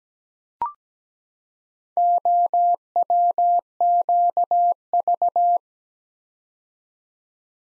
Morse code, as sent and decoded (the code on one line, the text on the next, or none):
--- .-- --.- ...-
OWQV